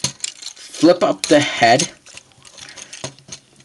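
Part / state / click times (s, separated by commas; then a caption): head section of a transforming toy robot locking into the body / not seated / none. The head section of a plastic transforming toy robot figure is handled while being flipped up to lock into the body, with sharp plastic ticks near the start and lighter clicks and rattles later on. Someone talks through the middle of the clip. The head has not snapped into place yet; nothing has seated or clicked home.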